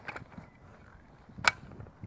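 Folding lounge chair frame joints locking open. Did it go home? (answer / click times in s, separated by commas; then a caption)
yes / 1.5 s. A CLIQ folding lounge chair, already unstrapped, has its folding frame unfolded; two faint taps at about 0.1 and 0.2 seconds precede a single sharp, bright click at 1.5 seconds. The frame joints lock into place, leaving the chair open and seated.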